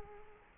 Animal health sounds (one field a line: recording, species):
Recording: mosquito wingbeat signal from an infrared sensor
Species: Culex quinquefasciatus